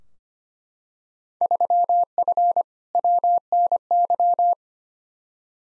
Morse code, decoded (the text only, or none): 3F WNY